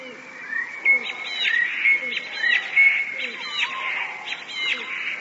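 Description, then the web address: Eurasian blue tit song: high, crisp trilled phrases repeated about once a second, with brief whistled notes in between. "wroblowe teka modraszkoteka"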